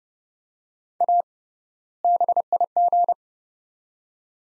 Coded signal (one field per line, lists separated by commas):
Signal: Morse code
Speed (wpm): 31 wpm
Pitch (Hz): 700 Hz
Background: none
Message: A BIG